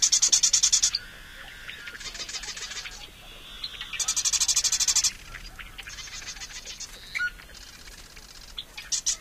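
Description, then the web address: Marsh Wren singing repeated dry, rattling trills alternating with chattering clicks and short gaps. Western species of North America. "Songs of Birds of North America Know Your Bird Sounds. Marsh Wren"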